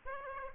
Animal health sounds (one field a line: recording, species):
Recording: mosquito wingbeat signal from an infrared sensor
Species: Aedes aegypti